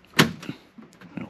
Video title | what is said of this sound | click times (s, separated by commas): RV Air Conditioner Maintenance - How to clean an RV Air conditioner! | click in place and | 0.2 s